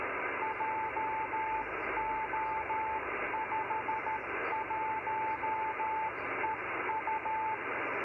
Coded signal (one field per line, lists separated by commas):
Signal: Morse code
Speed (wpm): 13 wpm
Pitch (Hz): 880 Hz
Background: radio noise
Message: JO51EU